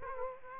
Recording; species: mosquito wingbeat signal from an infrared sensor; Aedes aegypti